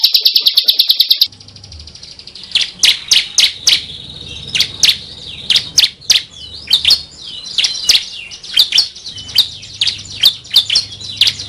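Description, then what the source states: Bar-winged prinia song: a short rapid trill, then a long run of sharp high chirps and sweeping notes. Tutor (masteran) recording from 2019 of the semi and crystal (kristal) song varieties.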